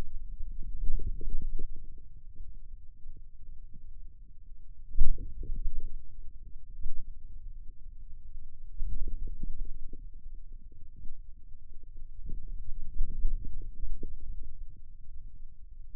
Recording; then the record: forearm muscle sounds (acoustic myography)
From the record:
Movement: outward rotation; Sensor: system 2, bracelet of six BSWA MPA416 microphones around the upper forearm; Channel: 1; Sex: male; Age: 22 years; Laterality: right